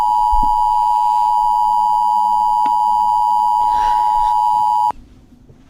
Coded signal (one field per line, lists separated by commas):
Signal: Emergency Alert System (SAME) tones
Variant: 853 and 960 Hz attention tone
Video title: EAS Scenario Reactions By Suoerstar Studios Animations